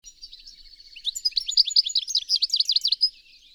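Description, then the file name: European goldfinch calls: a thin buzzy trill leads into about two seconds of fast, bright, tinkling twitter notes, then fades back to the buzzy note. "Carduelis carduelis"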